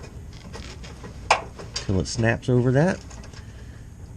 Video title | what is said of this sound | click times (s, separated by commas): OXYGEN SENSOR REPLACEMENT GM 3.8l V-6 SERIES 2 (BANK 1 SENSOR 2) | Okay, we'll reconnect our electrical connector till it snaps | 1.3 s